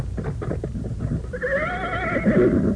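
A horse in a cave gives a loud, wavering whinny that rises and trembles for over a second, following a brief run of rhythmic hoof clops.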